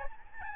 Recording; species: mosquito wingbeat signal from an infrared sensor; Aedes albopictus